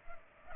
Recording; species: mosquito wingbeat signal from an infrared sensor; Culex pipiens